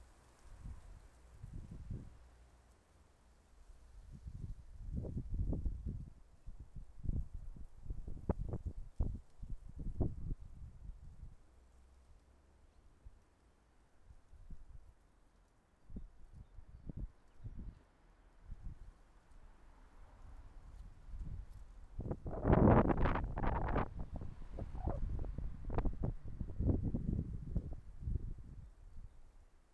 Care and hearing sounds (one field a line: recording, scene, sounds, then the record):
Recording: everyday scene through a hearing-aid microphone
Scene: wind on the microphone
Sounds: wind, traffic, birds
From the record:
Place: suburban garden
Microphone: behind the ear, left, front